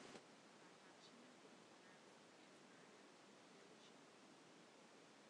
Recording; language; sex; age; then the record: short text; Brazilian Portuguese; female; 30 to 39 years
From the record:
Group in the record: control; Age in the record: 34 years